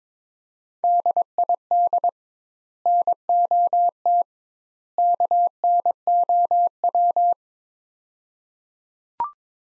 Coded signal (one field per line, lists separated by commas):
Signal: Morse code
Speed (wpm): 21 wpm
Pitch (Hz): 700 Hz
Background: none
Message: DID NOT KNOW